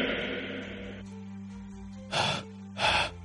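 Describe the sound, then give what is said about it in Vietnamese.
Two sharp, heavy gasping breaths of a man waking up drenched in cold sweat, loud and breathy, spaced about a second apart, after a stretch of low, droning background sound. “Triệu Thanh Vân thở hổn hển, sắc mặt trắng bệch, mở mắt ra chỉ cảm thấy toàn thân ướt đẫm mồ hôi lạnh”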